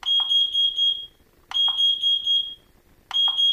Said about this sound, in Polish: Uspokajam, to tylko sygnał testowy czujki czadu i dymu,